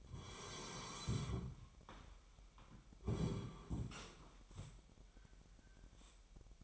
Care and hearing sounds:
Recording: daily activity, microphone in the room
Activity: sit down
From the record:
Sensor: 1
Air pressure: 998.6 hPa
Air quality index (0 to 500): 122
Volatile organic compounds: 3 ppm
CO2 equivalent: 1456 ppm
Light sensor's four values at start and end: 9/23/9/11 and 10/24/10/12

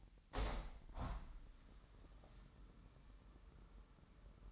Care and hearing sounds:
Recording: daily activity, microphone in the room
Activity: open window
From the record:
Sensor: 3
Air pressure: 998.7 hPa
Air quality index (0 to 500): 135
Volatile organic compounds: 4 ppm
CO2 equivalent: 1615 ppm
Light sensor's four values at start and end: 8/20/8/9 and 8/20/8/9

